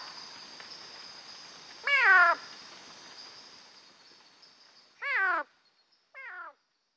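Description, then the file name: Knudsen's thin-toed frog calls: three short, harmonic, downward-sliding whooping notes spaced irregularly over several seconds, with a high insect hum behind for most. "Leptodactylus knudseni CM PG"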